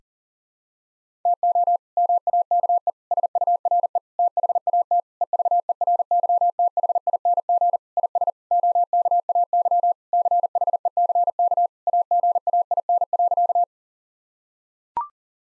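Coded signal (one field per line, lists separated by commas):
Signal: Morse code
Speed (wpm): 40 wpm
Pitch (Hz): 700 Hz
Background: none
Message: TO MAKE SURE THAT EVERYTHING IS OKAY CHECK AGAIN.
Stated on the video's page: Morse code practice sentences for head-copy at 40 wpm.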